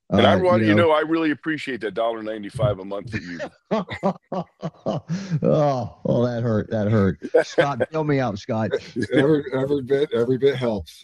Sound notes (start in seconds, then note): 2.3 laughs; 6.2 laughs